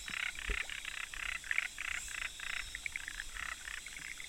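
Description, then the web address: Frog calls in rapid pulsed bursts, each lasting a fraction of a second, repeated steadily throughout over a constant high background hiss. 25 October 2014. "frog rec 20141025"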